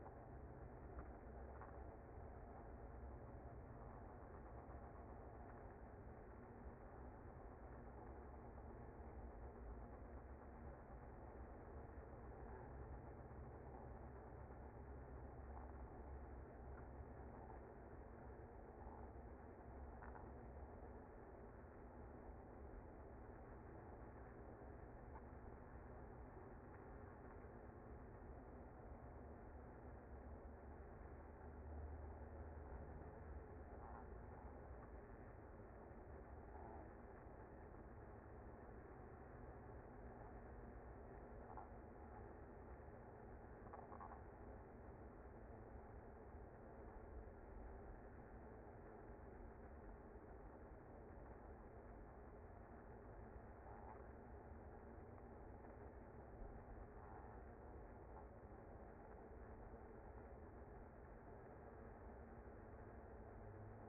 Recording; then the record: honeybee colony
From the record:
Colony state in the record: active